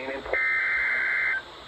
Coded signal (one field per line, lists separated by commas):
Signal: Emergency Alert System (SAME) tones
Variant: header bursts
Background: speech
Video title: SLIGHTSANITY 16: NEW YEAR KICKOFF - EAS Alerts From 1/25/26 (EAS #4977-4996)